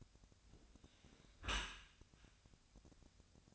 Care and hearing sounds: daily activity, microphone in the room; close dishwasher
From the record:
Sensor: 2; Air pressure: 1006.6 hPa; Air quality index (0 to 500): 202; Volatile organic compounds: 14 ppm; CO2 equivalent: 2468 ppm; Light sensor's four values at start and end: 9/21/9/9 and 9/21/9/9

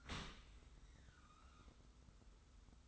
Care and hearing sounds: daily activity, microphone in the room; open dishwasher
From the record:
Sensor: 3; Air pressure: 991.3 hPa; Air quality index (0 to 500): 136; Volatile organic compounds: 237 ppm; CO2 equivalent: 4325 ppm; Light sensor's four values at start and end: 52/141/58/51 and 52/141/58/51

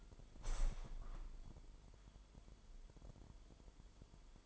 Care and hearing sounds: daily activity, microphone in the room; open window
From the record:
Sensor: 5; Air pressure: 998.7 hPa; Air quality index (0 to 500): 103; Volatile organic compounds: 2 ppm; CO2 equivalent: 1196 ppm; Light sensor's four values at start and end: 107/267/111/125 and 105/263/110/124

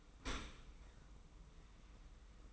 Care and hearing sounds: daily activity, microphone in the room; open dishwasher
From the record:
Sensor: 1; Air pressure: 990.6 hPa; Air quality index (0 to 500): 177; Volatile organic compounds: 1000 ppm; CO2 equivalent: 6523 ppm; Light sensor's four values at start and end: 27/62/26/29 and 27/62/26/29

